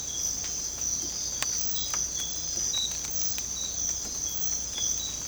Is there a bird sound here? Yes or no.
no